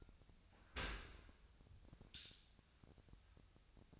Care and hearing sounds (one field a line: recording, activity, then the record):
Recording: daily activity, microphone in the room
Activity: open dishwasher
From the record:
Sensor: 2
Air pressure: 1006.6 hPa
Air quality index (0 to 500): 201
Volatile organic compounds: 14 ppm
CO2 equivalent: 2457 ppm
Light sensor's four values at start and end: 9/22/9/9 and 9/22/9/9